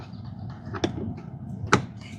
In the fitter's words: And there you go. You got a nice sign of satisfying click there.